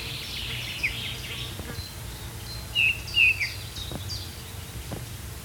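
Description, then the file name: Eurasian bullfinch calls: two short, soft whistled notes close together, over a steady low hum, with faint high twittering from other birds. "Pyrrhula pyrrhula"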